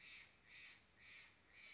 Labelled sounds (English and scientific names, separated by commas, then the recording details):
Steller's Jay (Cyanocitta stelleri)
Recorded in Sonoma County, California